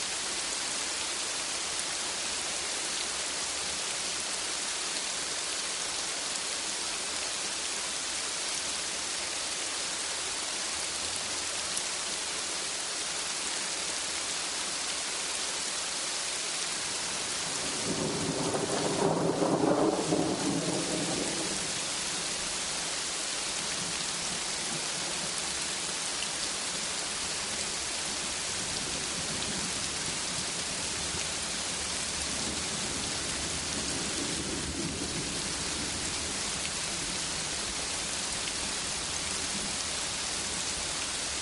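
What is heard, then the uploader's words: Steady rain hiss fills the whole recording, dense and even, with a low wash like surf beneath it. Around twenty seconds a soft thunder rumble swells and fades, and a fainter roll follows near thirty-three seconds. 8 Hours of Gentle Thunderstorm and Ocean Waves for Relaxation. The symphony of gentle thunder rumbles and calming ocean waves.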